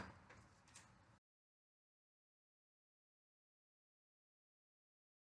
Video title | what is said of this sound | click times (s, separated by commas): How to Open and Replace the Remote Battery for Selfie Stick - Easy DIY Guide - 2025 | And by pressing you can hear the pop | 0.3 s, 0.8 s